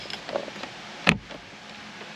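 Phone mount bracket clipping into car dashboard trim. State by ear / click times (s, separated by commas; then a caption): seated / 1.1 s. A plastic ProClip phone mount bracket is angled in and pushed into the gap of a Durango's dashboard trim, with faint scraping and light taps early on. A single sharp click at 1.1 s marks the clip snapping home, seating the mount in the trim.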